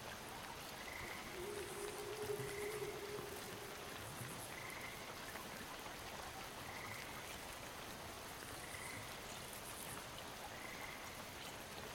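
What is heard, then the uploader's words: Night sounds by woods and water: a steady, dense hiss like light rain runs throughout, with repeated short mid-pitched calls, frog-like, pulsing every second or two. A brief low drone sits near two seconds, and faint high chirps come and go. Night Sounds from the woods and water and other weird animals.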